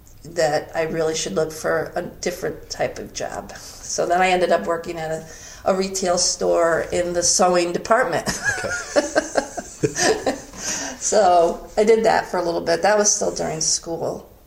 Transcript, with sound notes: that I really should look for a different type of job. Then I ended up working at a retail store in the sewing department. [laughter] I did that for a little bit, but that was still during school,